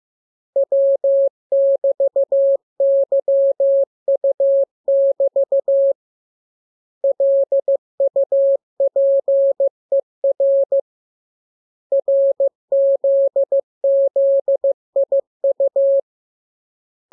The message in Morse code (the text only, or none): W<BT>YU<BT> LUPER RZZIU